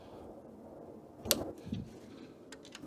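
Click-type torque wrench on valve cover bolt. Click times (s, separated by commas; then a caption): 1.3 s. A click-type torque wrench tightens the next valve cover bolt on a 1994 Acura Integra 1.8L, pulled smoothly until it clicks once at the set torque at 1.3 s. A duller knock follows at about 1.7 s, and a few faint short ticks come at about 2.5, 2.7 and 2.8 s over a low background hum.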